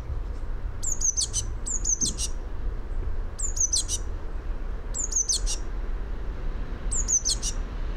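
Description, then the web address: Eurasian blue tit song of thin high notes, each phrase ending in a short tinkling flourish, phrases roughly every second or two, over a low hum. "fugl b-mejse"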